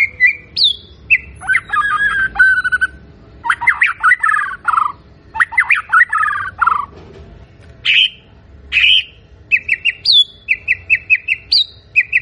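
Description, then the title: White-rumped shama singing varied phrases: buzzy descending trills, loud whistled notes, then runs of rapid repeated chirps toward the end. Lure of a strongly singing bird, meant to provoke a response from other birds. "PANCINGAN MURAI BATU GACOR"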